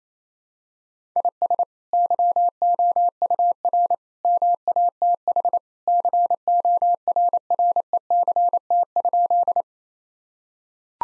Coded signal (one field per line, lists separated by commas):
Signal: Morse code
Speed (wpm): 28 wpm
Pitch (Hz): 700 Hz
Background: none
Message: IS YOUR MATH CORRECT?